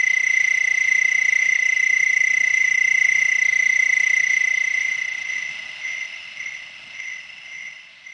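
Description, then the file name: Cicada song: an unbroken high-pitched buzzing drone that holds steady for several seconds, then fades and wavers toward the end. "Singing Cicada"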